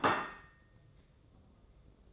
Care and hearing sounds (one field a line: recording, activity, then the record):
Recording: daily activity, microphone in the room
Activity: place plate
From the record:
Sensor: 3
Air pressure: 995.2 hPa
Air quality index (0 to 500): 77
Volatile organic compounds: 5 ppm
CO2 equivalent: 1810 ppm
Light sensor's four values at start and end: 15/45/19/15 and 15/45/19/16